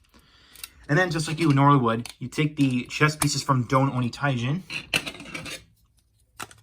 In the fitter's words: and that's going to snap into place.